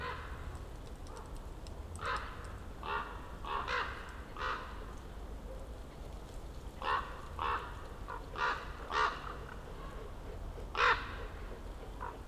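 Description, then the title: Common raven calls, deep hoarse croaks given singly and in short bursts, repeated throughout, with a steady low rumble of background noise. Ravens circling above the recordist, who crouched among young beeches on Patnik mountain side, Goworów, Poland, for over ten minutes; New Year's walk; Zoom F4, AT BP4025. "Patnik mountain side, Goworów, Poland - Circling ravens"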